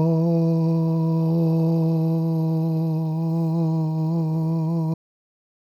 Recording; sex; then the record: sustained vowel /o/; male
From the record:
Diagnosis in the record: Parkinson's disease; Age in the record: 77 years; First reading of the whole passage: 65 s, 8.0 characters per second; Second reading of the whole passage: 61 s, 8.5 characters per second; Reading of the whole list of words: 50 s, 5.6 characters per second